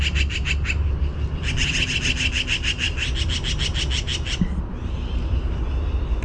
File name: BBMA chatter clear